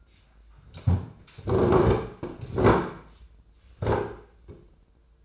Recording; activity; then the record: daily activity, microphone in the room; sit down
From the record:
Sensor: 2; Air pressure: 995.8 hPa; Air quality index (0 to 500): 242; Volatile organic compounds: 1000 ppm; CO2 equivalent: 5954 ppm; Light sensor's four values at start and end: 25/60/27/30 and 27/66/29/32